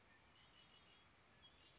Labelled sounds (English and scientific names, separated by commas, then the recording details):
Red-winged Blackbird (Agelaius phoeniceus)
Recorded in Sonoma County, California